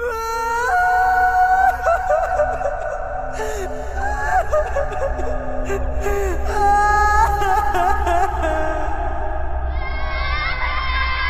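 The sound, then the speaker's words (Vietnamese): Mournful wailing echoes from a deep forest, rising and falling in long, wavering cries over a steady low rumble, several moaning voices overlapping and continuing loudly throughout. “còn mình nhón chân đi trước, lần theo tiếng khóc lóc thảm thiết vọng lại từ rừng sâu.”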